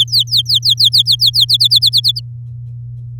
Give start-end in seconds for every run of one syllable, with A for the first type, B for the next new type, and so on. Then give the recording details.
0.00-1.45 A, 1.49-2.20 B. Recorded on 7 May 2018 at 13:22. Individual llb16